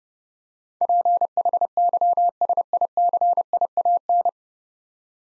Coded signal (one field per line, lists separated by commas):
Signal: Morse code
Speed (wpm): 32 wpm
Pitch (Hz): 700 Hz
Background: none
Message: PHYSICIAN